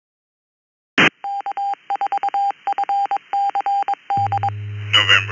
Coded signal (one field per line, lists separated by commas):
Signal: Morse code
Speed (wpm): 22 wpm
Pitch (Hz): 800 Hz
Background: none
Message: K4FCD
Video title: The East Coast Reflector Open Mic Nite Net 2025 10 15 20 00 07